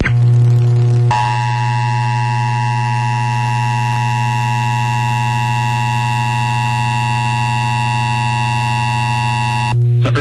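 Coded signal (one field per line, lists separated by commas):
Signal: Emergency Alert System (SAME) tones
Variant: 853 and 960 Hz attention tone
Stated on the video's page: Real Severe Thunderstorm Warning aired on an FM broadcast station, recorded off an Eaton Elite 750 radio with an Olympus VN 541 PC digital recorder.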